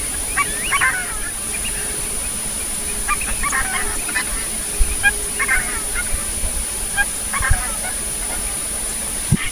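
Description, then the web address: Coscoroba swan calling, several bursts of short honking notes, set against steady rushing noise and a constant high tone. "cantos coscoroba"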